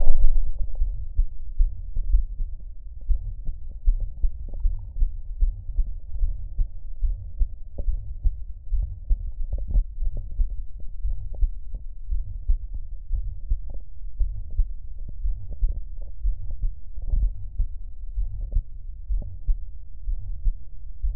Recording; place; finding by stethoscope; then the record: heart sounds by stethoscope; pulmonary valve (PV); sound of aortic valve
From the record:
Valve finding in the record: normal valve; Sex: female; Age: 60 years